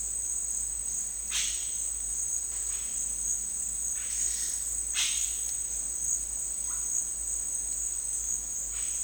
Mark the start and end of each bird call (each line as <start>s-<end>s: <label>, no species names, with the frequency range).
1.27s-1.66s: bird call (1.3-5.1 kHz)
4.95s-5.26s: bird call (1.1-5.2 kHz)